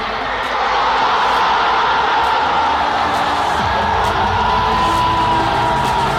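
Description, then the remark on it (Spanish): A dense, roaring stadium crowd shouts and cheers without pause, a loud wall of overlapping voices with occasional higher whoops rising above the steady din. “Estás a punto de ingresar a la cancha y escuchar el grito de...”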